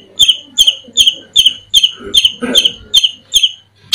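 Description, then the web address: Long-tailed shrike song: a sharp, high, clipped note repeated steadily about every 0.4 seconds, roughly ten times. Masteran (training recording) of cendet song. "masteran cendet"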